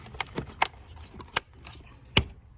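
The remaining plastic clips on the air filter housing lid of a Nissan Rogue air box are snapped shut without tools during an air filter replacement. Sharp clicks land at 0.2, 0.6, 1.4 and 2.2 seconds, with the last being the loudest. The clips are seated and the lid is closed, completing the job.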